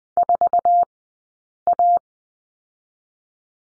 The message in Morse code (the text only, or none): 4A